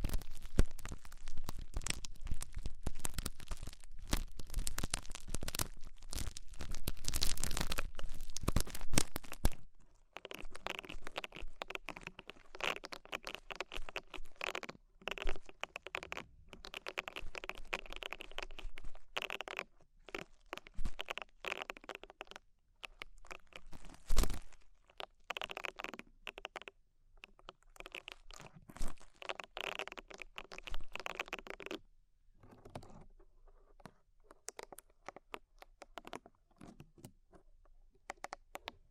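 Ear cleaning with rhinestones and clay being removed: dense crinkly scratching and rubbing fills the first ten seconds. After that come quieter, patchier bursts of tapping, crackling and peeling sounds, with sharp louder clicks around 24 and 31 seconds.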